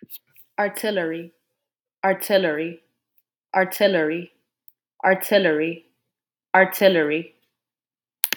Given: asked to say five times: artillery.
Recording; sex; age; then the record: repeated word; female; 20 to 29 years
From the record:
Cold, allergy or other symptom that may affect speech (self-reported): no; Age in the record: 25 years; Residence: New York, United States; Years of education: 18